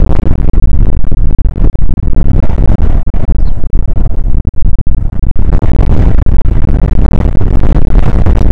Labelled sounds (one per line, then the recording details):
wind
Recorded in the Prudhoe Bay oil fields, Alaska, on 29 May 2019 at 00:02
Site 25